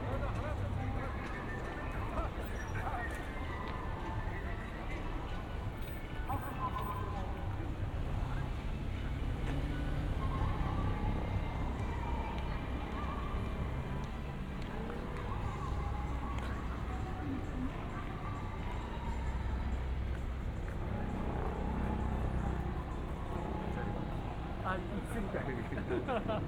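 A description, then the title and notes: A busy street in Shinbashi, Tokyo, heard while walking, with a constant low rumble of traffic beneath overlapping voices of passersby. The noise stays dense and steady throughout, with scattered chatter and occasional brief clicks and clatters rising above the crowd. 3D AUDIO TOKYO WALKING - Shinbashi(新橋), Japan.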